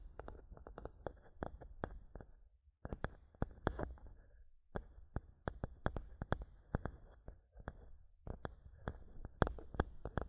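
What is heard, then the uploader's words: A microphone is tapped and scratched in a series of sharp, hard knocks over a low rumbling scrape. The taps come in irregular bursts, with brief near-silent pauses around two, four-and-a-half and eight seconds, and some land with a bright click. ASMR Mic Tapping and Scratching (No Talking).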